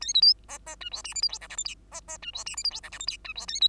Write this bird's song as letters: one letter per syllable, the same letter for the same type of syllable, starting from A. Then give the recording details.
A B C D D E F G H I J K L M N D D E F G H I J K L M N E F A B. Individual Bird2